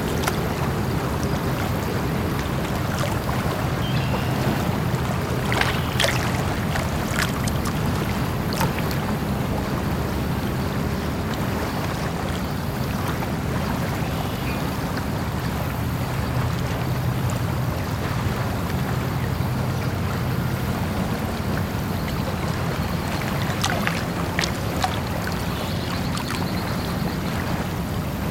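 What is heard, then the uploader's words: Water laps steadily at a lake's edge, a dense, even wash with a low rumbling undertone that never lets up. Brief, bright chirps or splashes break through around five to nine seconds and again near twenty-four seconds, faint against the constant murmur. Lake Sounds White Noise. Peaceful sounds of a tranquil lake, with gentle lapping waves and serene bird calls. With white noise and calming sounds of nature.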